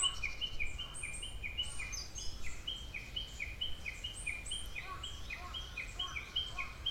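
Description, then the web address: Birds chirping, rows of short repeated notes from several callers overlapping steadily, over a low continuous hum. "yacho koe 190614"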